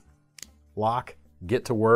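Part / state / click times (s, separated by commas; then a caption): liner lock/safety slider on a folding knife blade / seated / 0.4 s. A liner-lock folding knife is flipped open and its lock engages, with a sharp, loud metallic click at 0.4 s from either the blade locking open or the extra safety slider clicking into place. Someone talks after the click, and the lock is seated.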